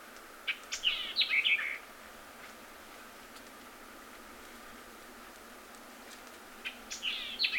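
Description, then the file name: White-eyed vireo: a short cluster of quick, sharp, chattering notes near the start, then another similar burst about six seconds later, over steady background hiss. Recorded on 26 April 2019. "2019-04-26 White-eyed Vireo"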